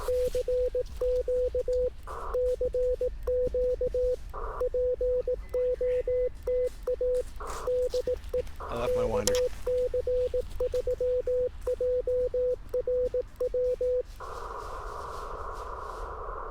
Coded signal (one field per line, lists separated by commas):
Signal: Morse code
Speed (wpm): 18 wpm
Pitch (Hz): 500 Hz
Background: speech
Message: CQ CQ POTA DE KC3JRW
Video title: 18 WPM CW POTA Post Marine Corps Marathon Volunteering (I stood and watched others run) with N0SA M7